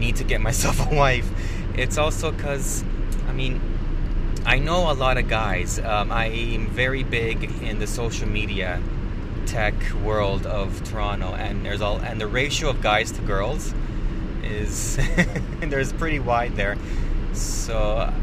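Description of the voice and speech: An adult man who stutters talks while driving, over steady car engine noise. His speech is mostly fluent, with a few stretched sounds, such as a long-held 'is' and 'so', and brief hesitant pauses. These are mild stuttering moments (prolongations) in an otherwise smooth flow of speech.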